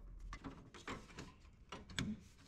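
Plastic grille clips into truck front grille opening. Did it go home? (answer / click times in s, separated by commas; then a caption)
yes / 2.0 s. An aftermarket plastic Raptor-style grille is pressed onto the front of a Ford Bronco so its clips go into the mounting holes, with a series of short plastic knocks and creaks as it is pushed. A sharp clip snap is heard at 2.0 s as the grille seats into place.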